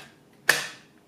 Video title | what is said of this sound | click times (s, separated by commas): Swissmar Borner V-1001 V-Slicer Plus Mandoline 5 Piece Set Review | and it locks into place | 0.5 s